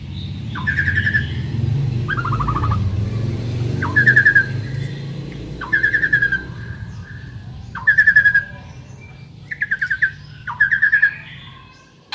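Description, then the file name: Asian pied starling giving repeated stuttering buzzy phrases every second or two, over a continuous low rumbling hum. Local Indonesian name jalak suren; described as a champion bird. "suara burung jalak suren juara"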